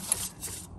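On a Toyota FJ Cruiser during automatic transmission installation, the starter cover is pushed further into its slot by the starter opening after a first try that fell short. A soft scraping hiss runs through the clip, broken by one sharp knock at 0.1 s. The starter cover is confirmed seated, pushed fully home.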